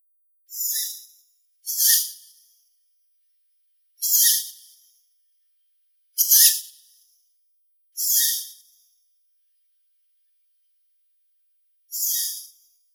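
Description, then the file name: Tawny owl giving harsh, hissing bursts about half a second long, six in all, coming every one to four seconds with silence between. "Neyasyt seraya Strix aluco"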